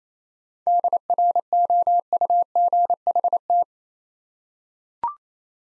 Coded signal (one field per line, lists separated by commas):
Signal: Morse code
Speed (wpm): 29 wpm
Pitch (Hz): 700 Hz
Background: none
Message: DROUGHT